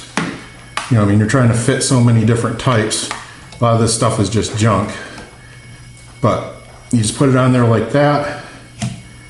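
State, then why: Seated. A new windshield wiper blade, fitted via its adapter, is slid onto the hook of the wiper arm on a VW Golf Alltrack while someone talks. Two sharp transients sound near the start, and the blade clicks into place on the arm at 8.8 s, seated.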